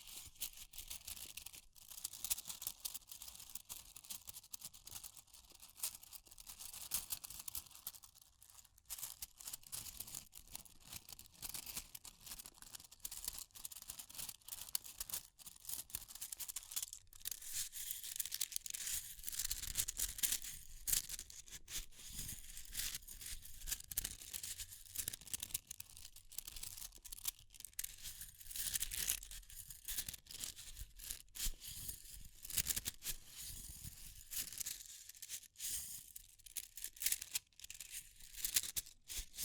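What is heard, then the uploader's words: Fire crackling runs the whole time as a dense, irregular stream of sharp little pops and snaps, bright and hissy on top. Short dropouts come and go, with a slightly busier stretch around twenty seconds, and a faint low rumble stays underneath. Fire Crackling, Tapping, Scratching.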